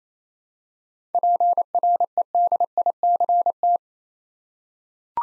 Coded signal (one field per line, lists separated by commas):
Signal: Morse code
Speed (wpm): 28 wpm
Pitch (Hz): 700 Hz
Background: none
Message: PREDICT